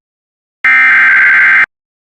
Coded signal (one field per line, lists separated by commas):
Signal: Emergency Alert System (SAME) tones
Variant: header bursts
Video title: EAS Alerts 6908-6961 During Spring Break From 04/13-19/25